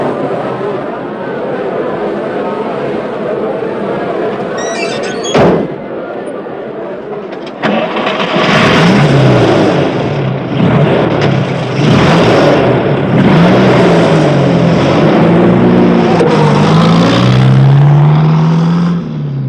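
A car engine starts up after a sharp thump, then revs and roars steadily louder, its pitch rising and falling as the vehicle pulls away over a constant rumbling background.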